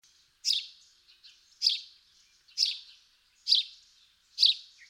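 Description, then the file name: House sparrow calls, five strong harsh chirps spaced about one second apart over a quiet background. "Passer domesticus"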